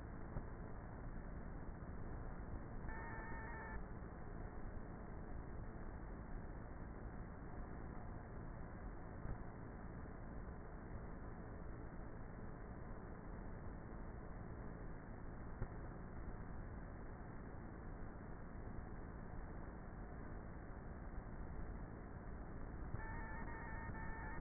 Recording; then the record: honeybee colony, microphone inside the hive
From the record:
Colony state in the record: queenless with a low population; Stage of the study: before two queens were removed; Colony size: about 30,000 bees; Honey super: no